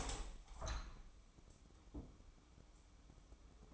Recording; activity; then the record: daily activity, microphone in the room; open window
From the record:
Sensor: 1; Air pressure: 1000.5 hPa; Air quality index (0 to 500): 162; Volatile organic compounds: 3 ppm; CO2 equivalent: 1496 ppm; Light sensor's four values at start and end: 10/25/10/12 and 11/27/11/13